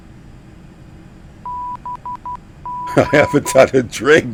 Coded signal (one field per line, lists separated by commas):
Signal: Morse code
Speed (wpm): 12 wpm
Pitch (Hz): 990 Hz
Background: speech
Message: BG